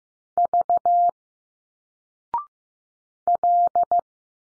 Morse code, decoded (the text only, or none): V L